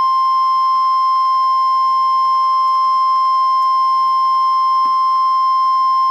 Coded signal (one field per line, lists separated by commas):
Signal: Emergency Alert System (SAME) tones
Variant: 1050 Hz attention tone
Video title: Tornado Warning (EAS #310)